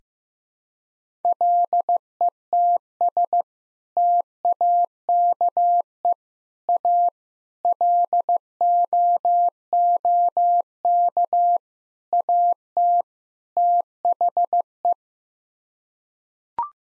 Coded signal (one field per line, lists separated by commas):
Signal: Morse code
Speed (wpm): 15 wpm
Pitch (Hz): 700 Hz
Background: none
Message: LETS TAKE A LOOK AT THE